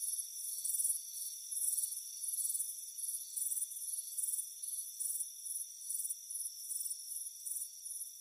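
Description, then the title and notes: Cricket chirping, soft and high: short pulsed trills repeating rapidly over a faint steady background ringing. Chirping crickets on a warm afternoon at a front porch. "Soothing Crickets Chirping Sound. It's a warm afternoon as you relax in a hammock on the front porch"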